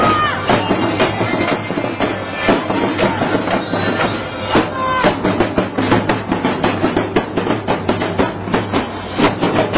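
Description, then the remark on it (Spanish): A large audience applauds and cheers a student band's performance in a dense, steady roar of clapping with scattered shouts, sustained loudly for the whole stretch without a break. “Y el público lo recompensa con su aplauso.”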